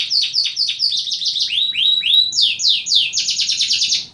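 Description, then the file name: Canary singing a fast, high song of rapid repeated trills, shifting between chattering notes and downward-sliding whistles, loud and continuous throughout. "kenari leo milik eka jrc bf omkicau"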